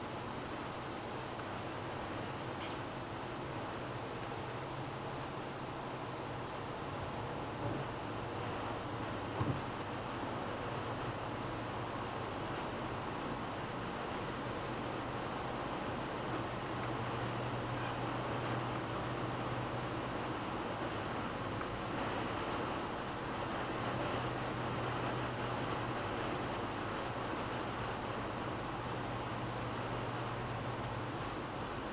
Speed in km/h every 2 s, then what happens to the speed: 107, 110, 112, 115, 118, 121, 124, 126, 128, 131, 133, 132, 131, 129, 128, 126.
0-20 speeds up to 133. 20-32 steady at about 129.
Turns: none.